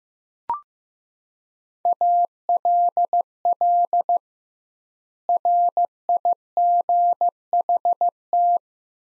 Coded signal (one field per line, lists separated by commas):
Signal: Morse code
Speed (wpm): 15 wpm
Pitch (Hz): 700 Hz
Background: none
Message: ALL RIGHT